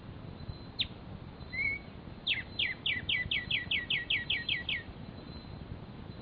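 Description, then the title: Black-striped sparrow: one sharp note, a short whistle, then a run of about a dozen quick downslurred notes. Nominate subspecies conirostris. "LuckyPassaro Completos2Sama. Black-striped Sparrow (Arremonops conirostris conirostris)"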